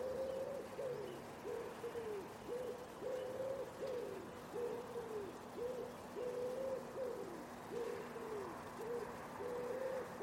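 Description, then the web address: Common Wood Pigeon cooing, a long run of soft, low hollow notes over a steady hum and background hiss. Bird-only recording from a 2025 soundscape bird dataset. "cianscape. Deverinetal"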